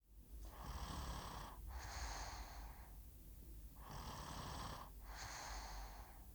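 Two slow breath cycles, about 17 a minute, each with a noisy rasping breath in and a similar breath out. This is snoring in a sleeping 5-year-old child: airflow vibrating through a partly narrowed upper airway.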